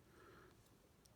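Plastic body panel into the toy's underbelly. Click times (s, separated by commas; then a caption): 1.1 s. A plastic body panel is lined up and pushed onto a Transformers Power of the Primes Legends Class Dinobot Slash toy to form the raptor's underbelly. A low, steady rustle of handling is followed by a sharp, short click at 1.1 s. The panel snaps on solidly and is seated.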